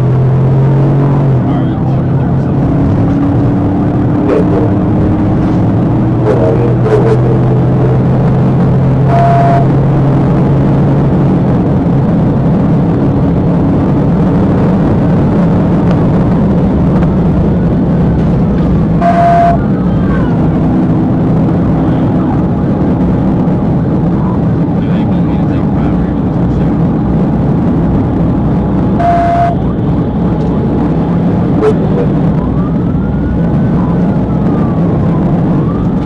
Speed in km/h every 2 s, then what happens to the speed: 122, 132, 147, 158, 167, 175, 184, 187, 174, 159, 166, 167, 166, 167, 169, 169, 167, 169.
0-12 speeds up to 184. 15-18 brakes to 159. 18-36 steady at about 167.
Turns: none.